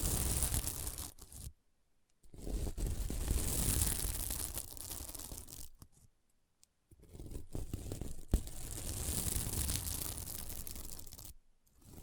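Scratching on a sequin mermaid pillow, a dense, gritty rasp of many tiny scrapes and crinkles that fills the range from low to bright. The scratching comes in long strokes of two to four seconds, broken by brief silent pauses near 2, 6.5 and 11.5 seconds.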